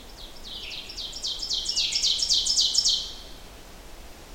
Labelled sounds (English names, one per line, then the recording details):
Ovenbird song
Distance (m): 10 m
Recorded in boreal forest in Alberta, Canada, on 14 June 2016 at 07:14
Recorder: SongMeter 3, array SBT-3-33
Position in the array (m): 100 m, 139 m
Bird 21